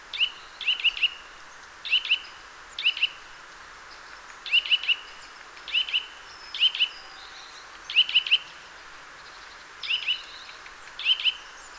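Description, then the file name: Eurasian nuthatch calling: loud clipped whistled notes in quick pairs or triplets, repeated every one to two seconds, with a steady faint background hiss. "Sitta europaea"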